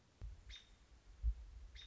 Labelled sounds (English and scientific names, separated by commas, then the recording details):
American Robin (Turdus migratorius)
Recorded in Sonoma County, California